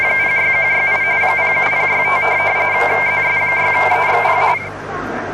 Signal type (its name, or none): RTTY